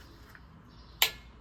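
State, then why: Seated. A metal band clamp is closed on the slip-yoke boot of a Chevy Express driveshaft. A faint tick at 0.4 s comes before one sharp, loud click at 1.0 s. The click locks the clamp and it is seated.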